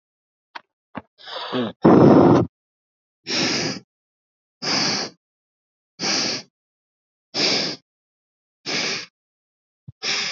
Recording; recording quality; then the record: deep breathing; excellent, no background noise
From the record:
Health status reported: healthy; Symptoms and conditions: cough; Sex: male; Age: 20 years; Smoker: not ticked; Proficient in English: yes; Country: India